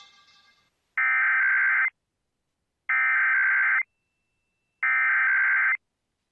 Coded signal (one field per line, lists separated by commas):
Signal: Emergency Alert System (SAME) tones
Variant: header bursts